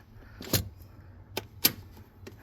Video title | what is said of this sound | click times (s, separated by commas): 22+ GR86 Custom Fire Extinguisher Mount Great for the Track | now that is locked into place. | 1.7 s